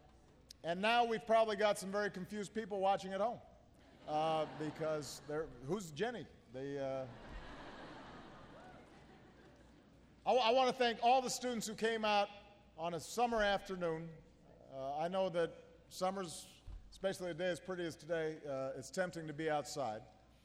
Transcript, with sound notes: and now we’ve probably got some very confused people watching at home, because who is Jennie? (Laughter.)
I want to thank all the students who came out on a summer afternoon. I know that summer is -- especially a day as pretty as today, it’s tempting to be outside.